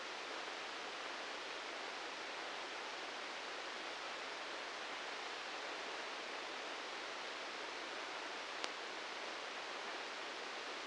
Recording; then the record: brain microelectrode recording played as sound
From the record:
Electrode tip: outside the subthalamic nucleus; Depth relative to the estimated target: -3 mm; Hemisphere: right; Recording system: NeuroSet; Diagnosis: Parkinson's disease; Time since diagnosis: 19 years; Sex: female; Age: 69 years